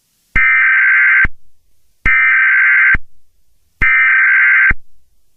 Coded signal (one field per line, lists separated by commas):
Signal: Emergency Alert System (SAME) tones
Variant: header bursts